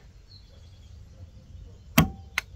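A click-type torque wrench set to 240 inch-pounds tightens a new spark plug into the aluminum cylinder head of a Dodge 3.8L 230 CID EGH engine. After quiet low background noise, the wrench gives a sharp click at 2.0 s and a second double-check click at 2.4 s, confirming the plug has reached its torque setting.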